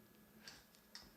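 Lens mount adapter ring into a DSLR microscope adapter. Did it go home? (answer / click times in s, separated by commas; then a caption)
yes / 1.0 s. An OM-to-Canon EOS lens mount adapter ring is fitted onto the camera-side adapter of a DSLR microscope adapter. Two smaller ticks come at about 0.5 and 0.8 seconds, then a sharp click at 0.9 seconds as the ring snaps into place and seats.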